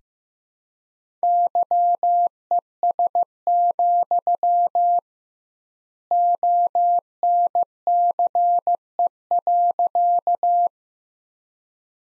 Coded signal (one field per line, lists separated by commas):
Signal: Morse code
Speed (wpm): 15 wpm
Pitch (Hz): 700 Hz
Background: none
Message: YES, ONCE.